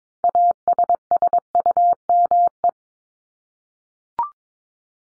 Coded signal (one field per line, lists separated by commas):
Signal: Morse code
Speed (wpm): 22 wpm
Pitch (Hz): 700 Hz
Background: none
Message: ASSUME